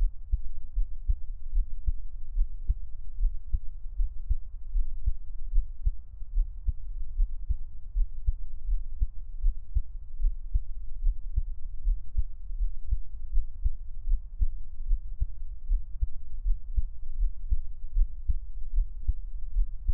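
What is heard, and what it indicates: Steady, muffled low thumps of an adult's own heartbeat heard close-up as Taiwanese ASMR, roughly 80 to 85 beats a minute, with no talking.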